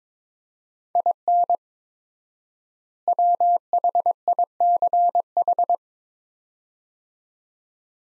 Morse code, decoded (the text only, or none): IN WHICH